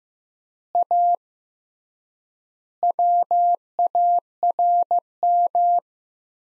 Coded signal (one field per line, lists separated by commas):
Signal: Morse code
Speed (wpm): 15 wpm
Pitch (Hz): 700 Hz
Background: none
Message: A WARM